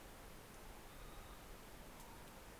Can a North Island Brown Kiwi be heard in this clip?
no